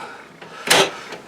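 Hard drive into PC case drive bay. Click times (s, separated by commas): 0.7 s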